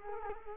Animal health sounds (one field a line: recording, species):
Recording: mosquito wingbeat signal from an infrared sensor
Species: Culex quinquefasciatus